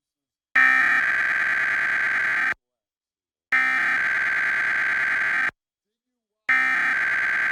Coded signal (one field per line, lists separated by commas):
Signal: Emergency Alert System (SAME) tones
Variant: header bursts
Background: speech